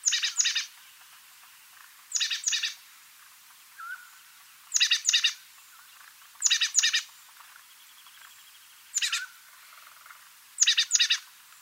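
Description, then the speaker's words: Oak titmouse calls: six harsh, buzzy chattering bursts, several of them doubled, with a few faint notes in the background. Recorded in the Sierra Nevada of California; a mountain quail calls in the distance. "And here we have the calls of an oak titmouse. It was recorded in the Sierra Nevada of California."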